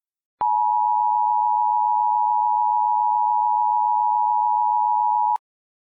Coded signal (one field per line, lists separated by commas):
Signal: Emergency Alert System (SAME) tones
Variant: 853 and 960 Hz attention tone